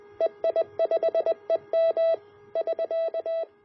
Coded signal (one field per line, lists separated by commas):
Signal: Morse code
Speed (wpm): 20 wpm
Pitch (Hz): 660 Hz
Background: none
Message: EI5EM <SK>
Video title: An RF-activated Relay Project for the QRP Labs 50W amplifier